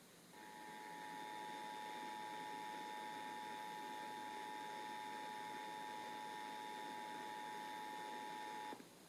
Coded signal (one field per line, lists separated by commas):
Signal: Emergency Alert System (SAME) tones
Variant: 853 and 960 Hz attention tone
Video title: [EAS #50-53] San Francisco and Sacramento's December RMT's